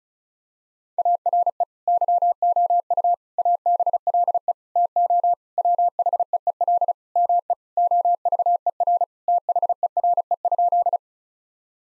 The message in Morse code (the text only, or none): ARE YOU ABLE TO WHEEL ME OVER THERE?